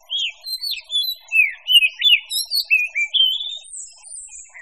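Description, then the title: Birds singing together, a busy stream of short whistled and slurred chirps, rising and falling notes overlapping with higher thin twitters, nearly continuous throughout. "manuk campur"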